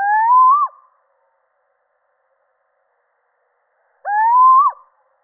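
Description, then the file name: Little owl uttering two mellow upslurred hoots, each ending in a sudden drop, about four seconds apart, in otherwise clean silence. Male. "Sycek obecny samec"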